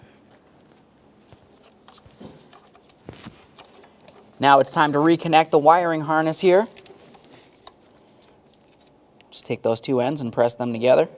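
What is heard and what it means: On a 2010–2013 Kia Forte Koup with the 2.4L L4 engine, someone picks up the two halves of the crankshaft position sensor's wiring harness connector and lines them up before pressing them together. Only soft handling noises and a few faint ticks are heard while someone talks. Nothing has seated or clicked yet.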